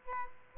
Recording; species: mosquito wingbeat signal from an infrared sensor; Aedes albopictus